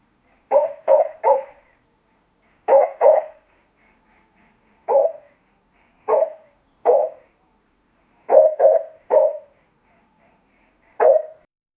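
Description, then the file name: Dog barks, short sharp yaps in bursts of two or three mixed with single barks spaced a second or two apart, with quiet gaps between. "pet noises barking"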